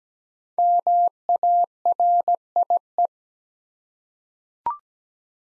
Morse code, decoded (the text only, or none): MARIE